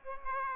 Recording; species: mosquito wingbeat signal from an infrared sensor; Aedes aegypti